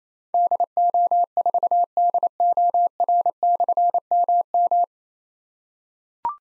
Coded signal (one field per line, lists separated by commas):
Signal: Morse code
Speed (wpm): 27 wpm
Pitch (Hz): 700 Hz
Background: none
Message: DO4DOR/MM